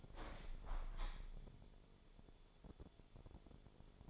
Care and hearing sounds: daily activity, microphone in the room; open window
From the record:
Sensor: 5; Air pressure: 1015.1 hPa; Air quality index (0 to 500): 104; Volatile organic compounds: 2 ppm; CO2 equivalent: 1111 ppm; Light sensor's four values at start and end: 35/80/32/31 and 35/80/32/31

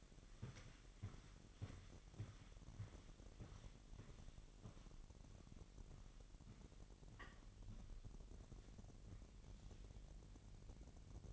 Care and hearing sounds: daily activity, microphone in the room; walk to room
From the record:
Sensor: 4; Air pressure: 1013.0 hPa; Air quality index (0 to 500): 241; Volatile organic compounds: 4 ppm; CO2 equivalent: 1607 ppm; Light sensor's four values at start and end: 34/81/33/33 and 29/71/29/29

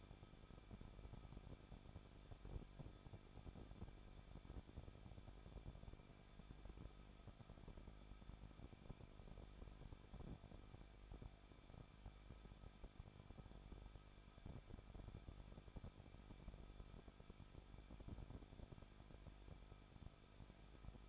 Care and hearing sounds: daily activity, microphone in the room; no activity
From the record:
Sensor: 5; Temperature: 20.8 degrees Celsius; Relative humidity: 38.2%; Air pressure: 1006.4 hPa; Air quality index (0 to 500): 189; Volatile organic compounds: 19 ppm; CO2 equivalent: 2661 ppm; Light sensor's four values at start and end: 2/3/1/1 and 2/3/1/1

